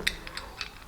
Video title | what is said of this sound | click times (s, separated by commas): How to assemble Brush Cutter -- Ashoka Automobile Chauntra | देखिए अब Elon की लॉक हो गई है। | 0.1 s